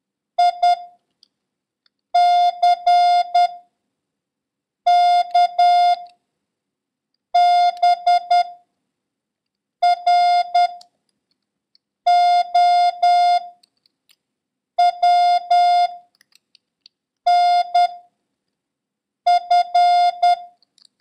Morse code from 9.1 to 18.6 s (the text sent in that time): R O W N